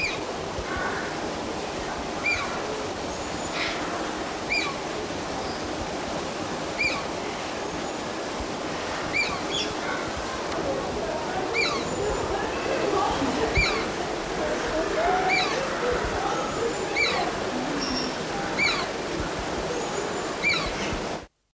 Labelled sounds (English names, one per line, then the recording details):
Eclectus Parrot call
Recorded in captivity
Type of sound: call
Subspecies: pectoralis
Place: Vogelpark Walsrode, Niedersachsen, DE
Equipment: Halbspur, 9,5 cm/s
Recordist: Lütgens, Hans
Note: Weibchen ruft aus Nesthöhe